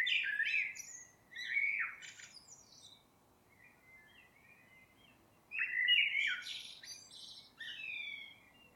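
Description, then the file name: Eurasian blackbird song with two separated bursts of fluty warbling mixed with scratchy high twitters, quieter soft notes between them. "Turdus merula"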